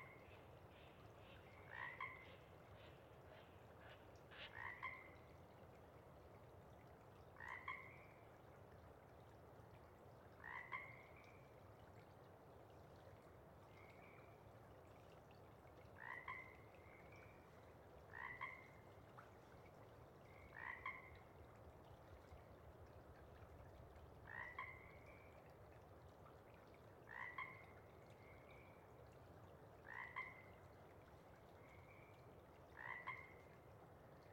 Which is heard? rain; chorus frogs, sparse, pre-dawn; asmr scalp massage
chorus frogs, sparse, pre-dawn